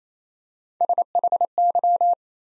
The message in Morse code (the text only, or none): SHY